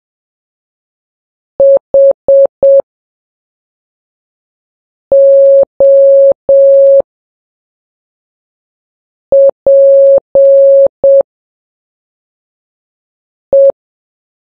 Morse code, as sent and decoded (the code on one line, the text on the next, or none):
.... --- .--. .
HOPE